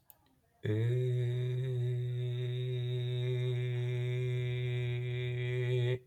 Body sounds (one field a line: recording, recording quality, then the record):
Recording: sustained vowel as in made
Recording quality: excellent, no background noise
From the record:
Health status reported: healthy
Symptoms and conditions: none ticked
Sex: male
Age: 18 years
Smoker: not ticked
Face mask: not worn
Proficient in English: yes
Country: India